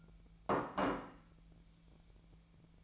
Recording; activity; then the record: daily activity, microphone in the room; place plate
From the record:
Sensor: 1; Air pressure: 1000.3 hPa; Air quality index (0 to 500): 142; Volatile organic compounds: 3 ppm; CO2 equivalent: 1338 ppm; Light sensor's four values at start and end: 29/73/31/37 and 29/73/31/37